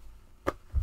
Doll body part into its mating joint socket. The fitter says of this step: all right there's hear the click there you go there we go